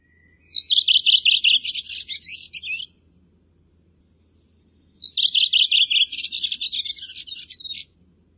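Bird song: two bright, rapid phrases of chirping high notes, each about two and a half seconds, starting with a clear note and ending in a scratchier jumble, a quiet pause between.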